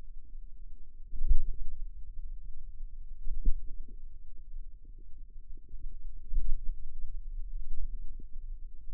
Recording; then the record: forearm muscle sounds (acoustic myography)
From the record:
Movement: pen grasping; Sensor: system 2, bracelet of six BSWA MPA416 microphones around the upper forearm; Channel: 2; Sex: female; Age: 22 years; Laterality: right